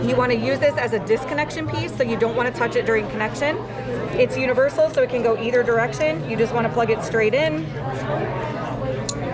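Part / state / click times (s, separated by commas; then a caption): pad line connector into cooling system connection piece / seated / 9.1 s. A pad line connector is plugged straight into the universal connection piece of an Arctic Sun cooling system, and the connector clicks in at 9.1 s, showing it is seated and connected. Someone talks throughout the clip.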